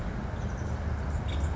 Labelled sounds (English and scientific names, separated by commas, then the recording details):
Nuttall's Woodpecker (Dryobates nuttallii)
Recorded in Sonoma County, California